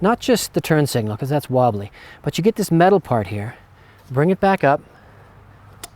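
A man talks while fitting a Saddlemen TS3200 Deluxe motorcycle tail bag: the strap is looped under the metal part of the license plate frame rather than the wobbly turn signal, then brought back up. After a quiet stretch, the plastic male end of the side-release strap buckle is pushed into its female end and seats with a sharp, brief click at 5.8 s.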